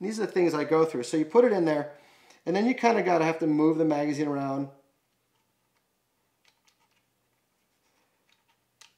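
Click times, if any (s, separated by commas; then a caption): 8.8 s. A pellet magazine is put into the receiver of a Kalibrgun Cricket .22 regulated PCP air rifle and moved around until it indexes. Someone talks for the first five seconds, then small faint ticks are heard before a sharper click at 8.8 s as the magazine clicks into position and seats.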